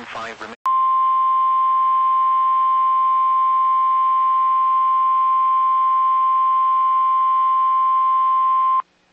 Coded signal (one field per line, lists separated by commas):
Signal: Emergency Alert System (SAME) tones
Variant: 1050 Hz attention tone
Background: speech